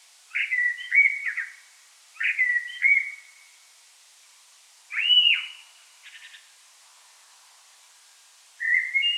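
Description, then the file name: Common blackbird song of several short fluty warbled phrases separated by pauses, one an arched whistle followed by a soft buzzy note. "Turdus merula"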